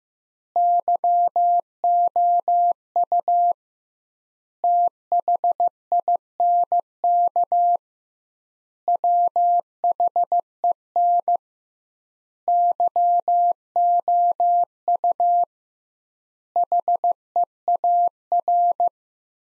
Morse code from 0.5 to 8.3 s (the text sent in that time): YOU THINK